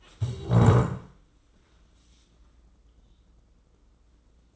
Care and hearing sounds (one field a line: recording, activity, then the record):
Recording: daily activity, microphone in the room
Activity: stand up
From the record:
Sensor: 3